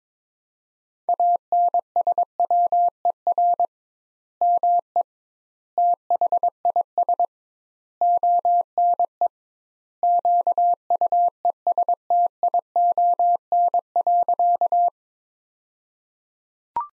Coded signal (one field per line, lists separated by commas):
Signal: Morse code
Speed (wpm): 22 wpm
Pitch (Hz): 700 Hz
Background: none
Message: ANSWER ME THIS ONE QUESTION.